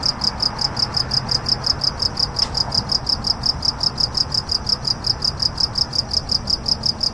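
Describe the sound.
Cricket chirping in a steady, rapid pulsed rhythm of high, bright notes over a low rumbling background.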